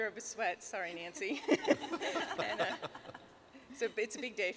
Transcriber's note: laughter